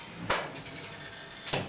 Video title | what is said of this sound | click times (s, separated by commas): Pinball Guide: get your first own Pinball - Episode 5 (under the Playfield and in the backbox) | now the Playfield is locked now let me show you how to remove the balls manually | 0.3 s